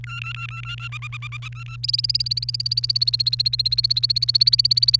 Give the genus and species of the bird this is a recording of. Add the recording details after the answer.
Serinus canaria. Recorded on 29 April 2018 at 14:34. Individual llb3